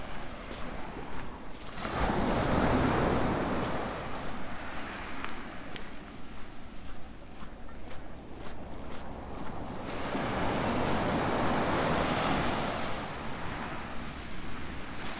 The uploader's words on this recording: Today's walk is from Seaton to Portwrinkle along the South West Coast Path.